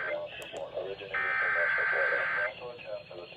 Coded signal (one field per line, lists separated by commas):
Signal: Emergency Alert System (SAME) tones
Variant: header bursts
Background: speech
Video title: MLB PUT TBW ON THE BENCH AT 6PM - EAS Alert Tests From 5/10/23 (EAS #210-214)